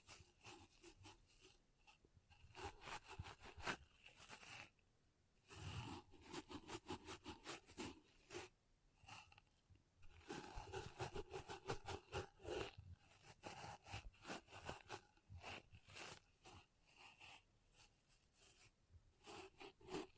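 Pom poms rustle and scrape in dense, fast bursts of soft crackly strokes, with brief pauses near five and ten seconds.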